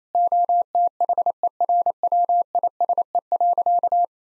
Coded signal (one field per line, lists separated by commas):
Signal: Morse code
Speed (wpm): 28 wpm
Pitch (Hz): 700 Hz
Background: none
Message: OTHERWISE.